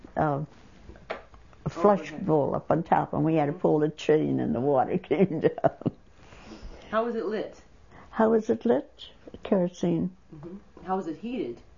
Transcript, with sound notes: a flush bowl up on top, and we had to pull the chain, and the water came down. ( she laughs )
How was it lit?
How was it lit? Kerosene.
How was it heated?